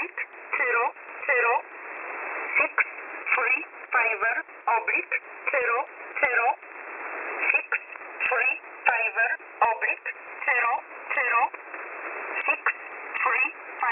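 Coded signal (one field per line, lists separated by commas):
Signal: numbers station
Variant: E11 Oblique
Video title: E11 Oblique 01/11/2022 0715 UTC 9130kHz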